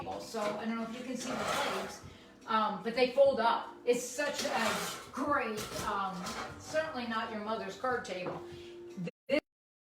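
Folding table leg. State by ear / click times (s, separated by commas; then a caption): not seated / none. A folding table's leg is being handled toward its locked open position while someone talks throughout, with a brief sharp sound near the end. Nothing has seated or clicked into place yet.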